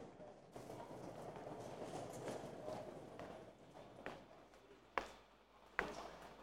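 Busy train station ambience as a group with train tickets enters the station: a steady wash of crowd murmur and shuffling footsteps, with two sharp clacks standing out near the end.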